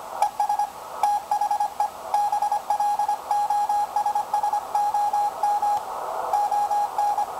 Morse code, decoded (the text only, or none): ES THE BLOSSOM ON